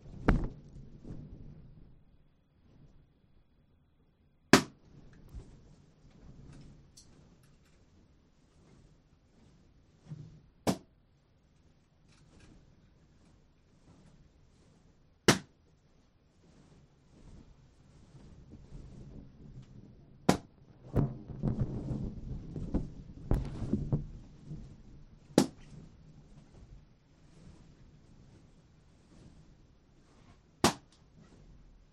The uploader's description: popped them one at a time with a needle taped to a stick